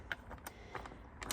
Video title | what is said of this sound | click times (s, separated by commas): ERA lock display fantastic find | Push it forward. Clicks in place. | 0.1 s